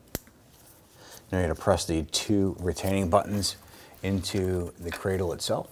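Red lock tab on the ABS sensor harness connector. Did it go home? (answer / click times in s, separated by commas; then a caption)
yes / 0.1 s. The red plastic position lock tab on the rear ABS wheel speed sensor harness connector of a 2011–2021 Jeep Grand Cherokee is pressed in after the connector is mated. It gives one sharp snap at 0.2 s, and the tab is seated. Someone then talks.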